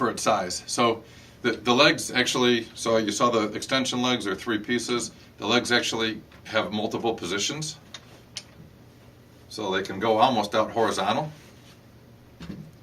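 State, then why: Seated. Someone talks while an aluminum leg of a Manfrotto 190 tripod is swung outward through its angle positions on the tripod spider. Sharp clicks at 8.0 s and 8.4 s mark the leg angle stop locking into its full position, and the leg is seated.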